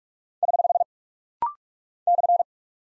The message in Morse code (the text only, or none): <HH> /